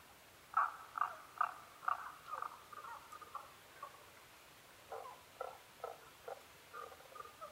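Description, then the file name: Tago's brown frog calls: four sharp croaks in quick succession open, followed by softer, irregular notes and a later run of somewhat louder calls. Recorded 15 May 2011 at 02:19. "tagogaeru-20110515-0219"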